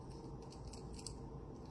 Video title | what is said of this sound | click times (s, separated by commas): How To Check Your Blood Ketones Using Keto Mojo | Until it clicks. | 1.1 s